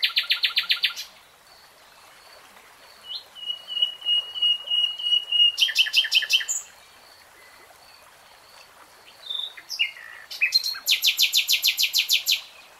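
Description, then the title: Nightingale song: a fast rattling trill, then a long level whistle, a loud pulsed burst, varied chirps and another rapid rattle, phrases separated by short pauses. Nightingale singing in real time. "[Tiếng chim hót] 3 Hours REALTIME Nightingale Singing"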